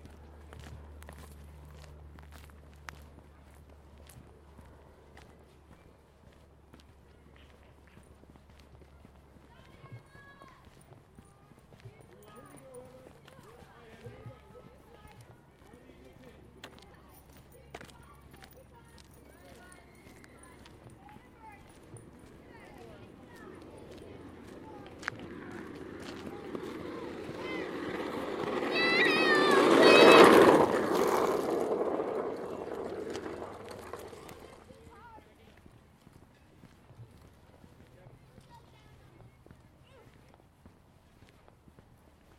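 A stroll through a Seattle neighborhood: footsteps and scattered voices over a low hum, with a loud rushing sound swelling and passing around thirty seconds.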